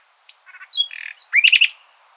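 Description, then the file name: Common nightingale phrase of quick buzzy notes and sharp chirps, building into a fast, loud series of rising notes before stopping abruptly. "Luscinia megarhynchos"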